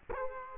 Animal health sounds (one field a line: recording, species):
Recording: mosquito wingbeat signal from an infrared sensor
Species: Culex quinquefasciatus